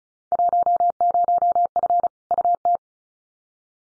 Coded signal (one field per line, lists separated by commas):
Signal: Morse code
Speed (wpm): 36 wpm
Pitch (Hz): 700 Hz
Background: none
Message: 10F UT